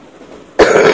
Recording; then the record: coughing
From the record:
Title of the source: 31 night wet cough